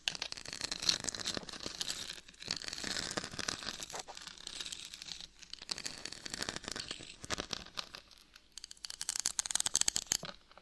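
Scratching goes on in rapid, uneven bursts, a dry, papery rasp with sharp crackly edges. Strokes come in dense clusters with brief gaps near four, five and eight seconds, and the last two seconds bring louder, sharper scrapes.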